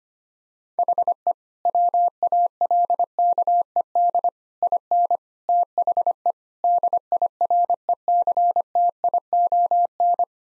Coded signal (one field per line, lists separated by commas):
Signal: Morse code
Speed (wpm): 25 wpm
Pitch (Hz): 700 Hz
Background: none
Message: HE WALKED IN THE DIRECTION